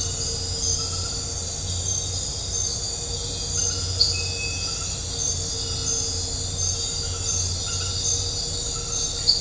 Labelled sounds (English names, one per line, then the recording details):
none
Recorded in dense forest near Puerto Asís, Putumayo, Colombia, on 4 March 2025 at 00:30
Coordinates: 0.468, -76.322
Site GP01